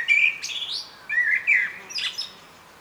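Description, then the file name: Common blackbird song: warbled, fluty notes with squeaky high overtones, several quick slurred phrases, then a soft trailing note. "Turdus merula"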